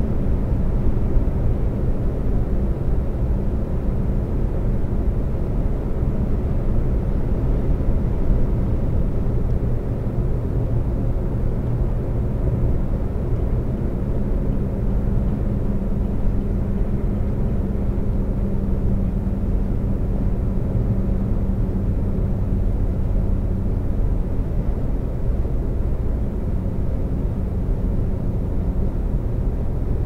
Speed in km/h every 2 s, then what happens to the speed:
130, 130, 130, 130, 130, 130, 132, 132, 132, 132, 134, 134, 132, 129, 127.
0-23 steady at about 130. 23-30 slows to 127.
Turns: none.